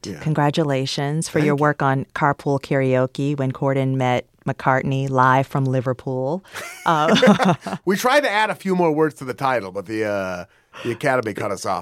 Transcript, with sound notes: congratulations...
Thank you.
...For your work on "Carpool Karaoke: When Corden Met McCartney Live From Liverpool."
(LAUGHTER)
We tried to add a few more words to the title, but the Academy cut us off.